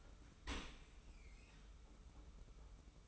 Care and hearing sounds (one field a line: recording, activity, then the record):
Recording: daily activity, microphone in the room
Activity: open dishwasher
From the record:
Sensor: 1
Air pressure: 991.3 hPa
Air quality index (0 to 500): 123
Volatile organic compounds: 249 ppm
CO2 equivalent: 4358 ppm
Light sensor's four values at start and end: 41/126/50/51 and 41/126/50/51